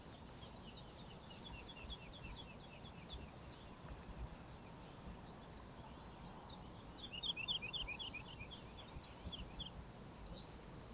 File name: Sylvia atricapilla